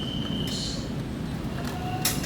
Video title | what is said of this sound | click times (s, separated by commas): PRINTER L6160 (POV HANDPONE) | bukanya cuman ini doang gitu sampai ngunci. | 2.1 s